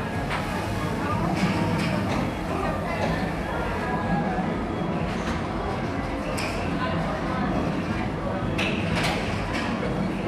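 A gaming arcade with a thick, unbroken wash of crowd chatter and machine noise that stays level throughout. Bright clacks and short electronic bursts cut through every second or two, most clearly around four, five, six and nine seconds.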